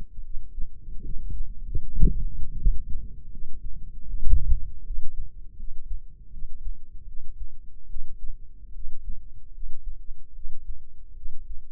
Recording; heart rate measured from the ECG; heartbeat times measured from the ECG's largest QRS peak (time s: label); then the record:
heart sounds by microphone in the left ear; 77 bpm
0.23 s: heartbeat
1.03 s: heartbeat
1.80 s: heartbeat
2.56 s: heartbeat
3.30 s: heartbeat
4.06 s: heartbeat
4.84 s: heartbeat
5.57 s: heartbeat
6.31 s: heartbeat
7.05 s: heartbeat
7.87 s: heartbeat
8.73 s: heartbeat
9.52 s: heartbeat
10.33 s: heartbeat
11.14 s: heartbeat
From the record:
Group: healthy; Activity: rest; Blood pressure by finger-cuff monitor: 103/70 mmHg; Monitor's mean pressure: 82 mmHg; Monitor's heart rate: 76 bpm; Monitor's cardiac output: 5.8 L/min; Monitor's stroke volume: 76 mL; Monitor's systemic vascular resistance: 970 dyn s/cm5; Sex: female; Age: 22 years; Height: 160 cm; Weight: 45 kg